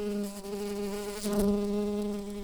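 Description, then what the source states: Shrill carder bee queen buzzing, a continuous low droning hum with rich stacked harmonics, steady throughout with a brief surge in loudness midway. Queens of this bumblebee species, Bombus sylvarum.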